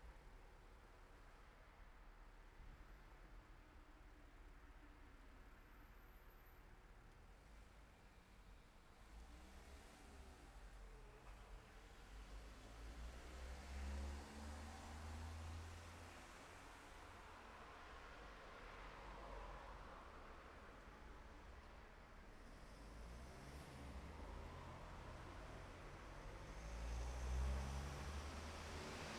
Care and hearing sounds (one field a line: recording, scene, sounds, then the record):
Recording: everyday scene through a hearing-aid microphone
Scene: in traffic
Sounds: traffic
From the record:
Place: city secondary road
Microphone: behind the ear, left, rear